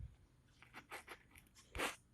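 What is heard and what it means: A greased, splined CV axle shaft on an Impala 3500 is pushed or tapped into the transmission/differential side gear, making a series of short, crunchy knocks and scrapes. A louder, sharp click lands at 1.8 s, and the shaft is seated.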